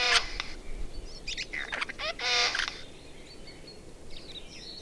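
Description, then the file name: Eurasian jay giving harsh, rasping screeches: a short burst at the start, rattling notes, then a longer grating screech after two seconds, followed by faint chirps. "Garrulus glandarius"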